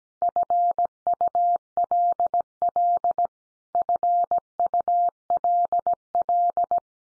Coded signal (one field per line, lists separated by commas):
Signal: Morse code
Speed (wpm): 17 wpm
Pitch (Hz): 700 Hz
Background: none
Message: FULL FULL